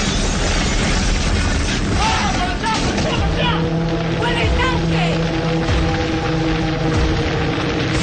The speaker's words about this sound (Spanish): Los cohetes iluminan la tarde en la plaza devastada. Las explosiones de los bazucas se reflejan en los caparazones de los Baumes, que se tambalean frente a los impactos.